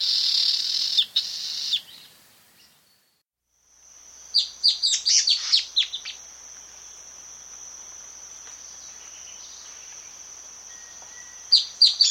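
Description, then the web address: Long-tailed antbird song, a quick burst of high, sharp downslurred notes in midway, over a thin insect whine that runs from midway to the end. South America. "Natures Songs S America Long-Tailed Antbird"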